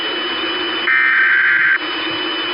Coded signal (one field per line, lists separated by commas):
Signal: Emergency Alert System (SAME) tones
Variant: header bursts